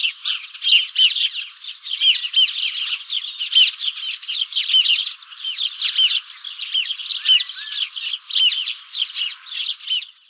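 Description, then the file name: House sparrow chirps, a dense run of short overlapping cheeps continuing throughout. "Passer domesticus"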